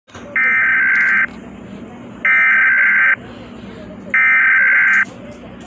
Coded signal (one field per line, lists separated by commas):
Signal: Emergency Alert System (SAME) tones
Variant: header bursts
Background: speech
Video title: rating eas alarms